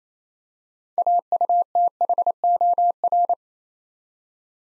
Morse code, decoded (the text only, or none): AUTHOR